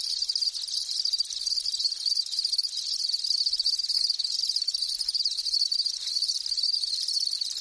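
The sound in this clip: Insects in dense, continuous high-pitched trilling without pause throughout.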